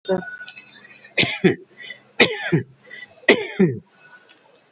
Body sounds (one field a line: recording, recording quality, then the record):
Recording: heavy voluntary cough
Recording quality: excellent, no background noise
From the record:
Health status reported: COVID-19 positive, mild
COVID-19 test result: positive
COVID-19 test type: RT-PCR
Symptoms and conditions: cough, fatigue, diarrhoea, hypertension, diabetes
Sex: male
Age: 66 years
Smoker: no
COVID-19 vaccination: both doses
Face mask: not worn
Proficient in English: yes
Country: India